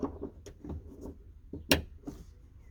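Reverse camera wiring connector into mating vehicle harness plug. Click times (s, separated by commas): 1.7 s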